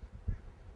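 The female end of a hose coupling is handled against the inlet nipple of a lifting airbag, and only faint low rumbling and handling noise is heard, with a slightly stronger soft bump near 0.3 s. Nothing has seated or snapped yet; the coupling is not yet home.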